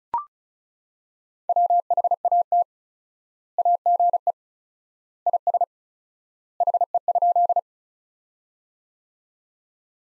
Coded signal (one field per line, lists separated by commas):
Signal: Morse code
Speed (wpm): 36 wpm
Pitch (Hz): 700 Hz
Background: none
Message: WHAT AGE IS HE?